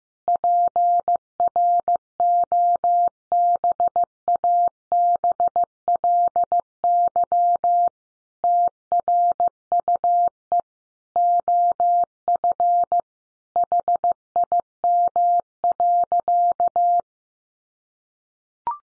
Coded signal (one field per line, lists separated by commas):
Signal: Morse code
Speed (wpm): 15 wpm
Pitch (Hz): 700 Hz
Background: none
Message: PROBABLY TRUE OF HIM.